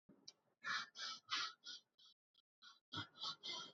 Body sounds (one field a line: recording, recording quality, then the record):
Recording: shallow breathing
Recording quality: excellent, no background noise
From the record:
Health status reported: healthy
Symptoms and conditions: none ticked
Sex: male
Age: 25 years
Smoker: not ticked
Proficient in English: yes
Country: India